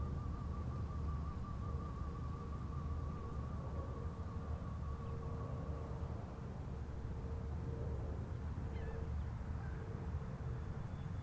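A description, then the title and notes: Golf course ambience: a steady low rumble, a thin wavering whine through the first half, a fainter held tone, and brief faint chirps later. Golf Course, Palm Harbor FL.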